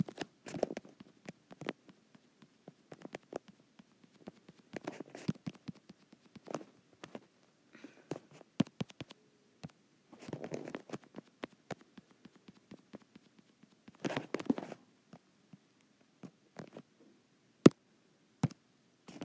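Fingers tap and swipe on a touch screen in sharp, irregular clicks, with denser bursts of taps around five, ten and fourteen seconds.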